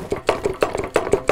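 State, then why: Seated. The metal pull-pin latch of a portable fire monitor is worked to attach the monitor to its mounting base. A rapid series of sharp clicks sounds at 0.3, 0.6, 1.0 and 1.3 seconds, with fainter clicks between them. The latch seats and the monitor ends up securely attached.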